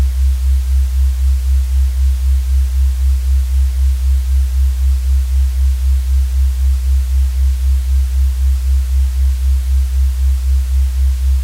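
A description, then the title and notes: A deep, steady hum sits low, pulsing in a quick regular throb about three or four times a second. Over it lies a soft, even hiss of white noise, fainter and spread evenly upward. Nothing changes across the clip. Hum Sound with White Noise. To increase the ‘potency’ of the hum, I’ve tried combining the original note with a the same note sharp. This creates an effect where you can hear the oscillation.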